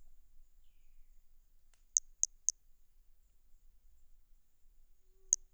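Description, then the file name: Hermogenes' toadlet giving three short, very high, sharp chirps about a quarter-second apart, then a pause and one more chirp, over quiet background. Individual 03, recorded at Boraceia on 30 March 2019. "MHNCI Brachy hermogenesi ind 03 Boraceia 30 marco 2019 MRB"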